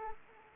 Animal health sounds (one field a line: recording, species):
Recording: mosquito wingbeat signal from an infrared sensor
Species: Anopheles arabiensis